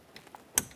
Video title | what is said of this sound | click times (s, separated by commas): How to Replace Front Power Window Motor & Regulator Assemblies 2012-2015 Honda Civic | Listen for a click from that. | 0.6 s